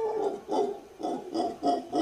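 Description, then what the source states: Howler monkey howling: rough, harmonic grunting roars pulsed in a steady rhythm, about six bursts in two seconds. Described as a frightening sound heard first while walking in the jungle, before a monkey appears.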